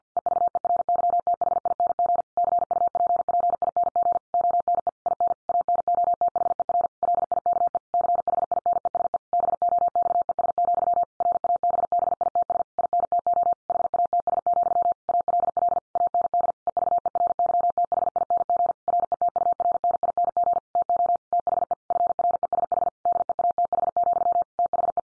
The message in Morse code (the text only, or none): EVERYTHING CUPPING ONE IN ANOTHER LIKE CHINESE BOXES, RABBITS INTO HATS, ALL AND EVERYTHING RETURNING TO THE FRESH DEATH, THE